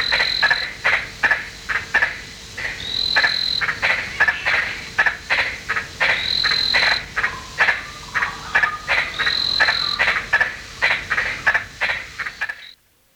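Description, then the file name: Australian giant tree frog calling with a fast series of harsh barking pulses. "Litoria infrafrenata"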